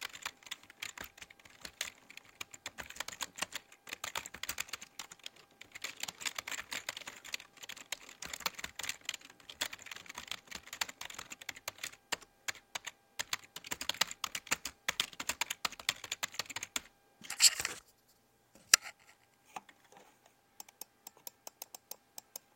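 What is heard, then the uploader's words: Rapid keyboard clicking fills most of the clip, with dense bursts of sharp, bright keystrokes at an uneven typing pace. Around seventeen seconds a louder flurry hits, then the typing thins to sparse, separate clicks. A faint steady tone hums underneath throughout. Keyboard clicking and mouse clicking!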